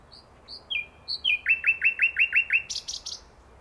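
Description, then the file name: Common nightingale song: a few high whistled notes and slurs, then a quick run of several loud repeated chirps ending in a buzzy burst. "Luscinia megarhynchos"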